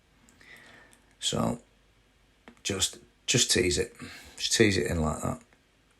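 A replacement door lock unit is eased into position inside the door of a BMW 2 Series F22 coupe, gently jiggled and teased in rather than forced. Someone talks over faint ticks near 0.3, 0.4 and 0.9 seconds and a sharper tick at 2.5 seconds. The lock unit has not seated or clicked home yet.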